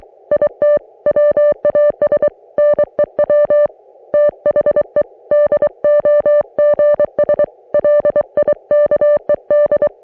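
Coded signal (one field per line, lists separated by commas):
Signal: Morse code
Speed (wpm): 23 wpm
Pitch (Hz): 590 Hz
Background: music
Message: IT WAS NEW THE DOGS LIKED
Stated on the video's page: On-the-air CW practice received on an Icom IC-718, including a station on a new 80m antenna and code messages from a Sunday morning group.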